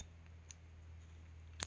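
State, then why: Seated. A flexible extension shaft is twisted into the handle of a Bahco stubby ratcheting screwdriver from a 22-piece set, giving faint ticks near 0.3 and 0.5 seconds over a steady low hum. It is then pushed in, and a sharp, loud click at 1.6 seconds marks it locking into place, seated.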